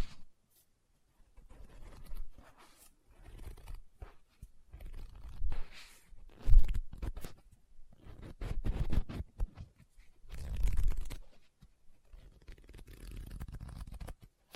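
Fingers tap and scratch at a book in short, irregular bursts, with quiet gaps between them. Papery rustles and scrapes come and go, with fuller swells around six, nine and eleven seconds that could be pages turning, and a sharp knock near six and a half seconds.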